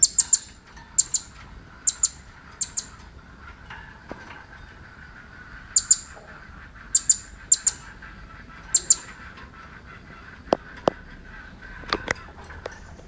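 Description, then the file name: Blue-crowned hanging parrot high, sharp chirps, mostly in pairs, repeated through the first part, then a few dry clicks and taps near the end. Female. "suara betina serindit"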